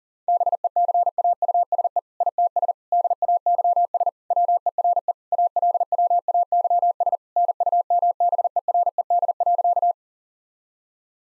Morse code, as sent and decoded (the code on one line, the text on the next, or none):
-... . -.-. .- ..- ... . / .. - ... / -.. .- -.-- ... / .-- . .-. . / .- .-.. .-- .- -.-- ... / -. ..- -- -... . .-. . -.. .-.-.-
BECAUSE ITS DAYS WERE ALWAYS NUMBERED.